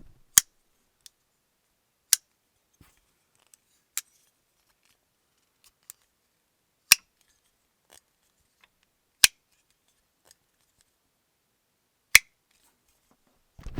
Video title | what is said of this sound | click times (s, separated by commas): WE Knife KILLED It With This One | It's got a real nice pop to it when that lock engages. | 0.4 s, 2.1 s, 6.9 s, 9.2 s, 12.2 s